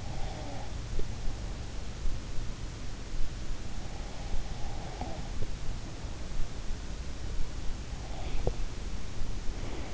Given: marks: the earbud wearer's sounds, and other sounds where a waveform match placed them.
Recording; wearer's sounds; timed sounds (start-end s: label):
sounds in sleep by an in-ear microphone; breath
0.00-1.11 s: breath
4.45-5.51 s: breath
8.06-8.60 s: breath